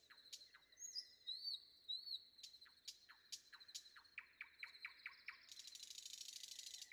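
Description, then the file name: Common nightingale song: spaced sharp notes and high slurred whistles, then a run of rapid descending notes leading into a long harsh buzzy churr. Sung before dawn. "predawn nightingale"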